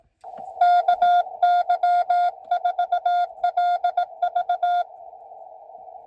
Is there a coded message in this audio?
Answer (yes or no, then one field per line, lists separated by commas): yes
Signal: Morse code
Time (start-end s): 0.6-4.8 s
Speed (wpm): 18 wpm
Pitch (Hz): 710 Hz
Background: none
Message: KY4LV